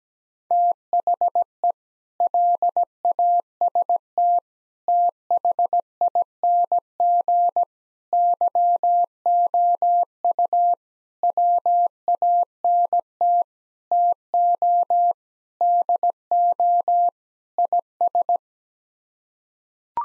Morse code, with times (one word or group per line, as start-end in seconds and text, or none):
0.5-1.7 THE
2.2-4.4 LAST
4.9-7.6 THING
8.1-10.7 YOU
11.2-13.4 WANT
13.9-15.1 TO
15.6-17.1 DO
17.6-18.4 IS